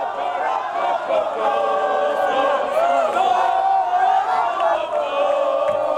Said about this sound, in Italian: Coro di tifosi che accoglie l'Italia al ritorno al ritiro di Montpellier.